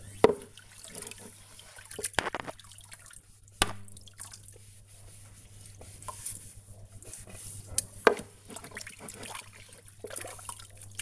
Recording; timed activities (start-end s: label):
household activities, microphone on the right wrist
0.00-11.02 s: washing dishes